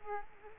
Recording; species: mosquito wingbeat signal from an infrared sensor; Culex quinquefasciatus